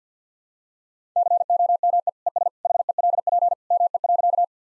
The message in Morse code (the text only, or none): COME ES HELP ME.